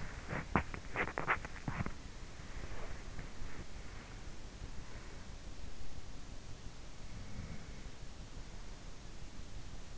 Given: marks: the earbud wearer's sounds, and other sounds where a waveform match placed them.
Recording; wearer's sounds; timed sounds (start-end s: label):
sounds in sleep by an in-ear microphone; teeth grinding
0.00-2.72 s: teeth grinding
7.01-8.21 s: sound from someone else or the room